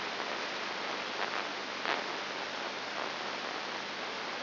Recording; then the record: brain microelectrode recording played as sound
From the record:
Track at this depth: inside the subthalamic nucleus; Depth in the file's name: 3.301 mm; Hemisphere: left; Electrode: 2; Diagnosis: Parkinson's disease